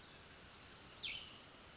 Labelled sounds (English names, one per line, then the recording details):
Cassin's Vireo
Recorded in Sonoma County, California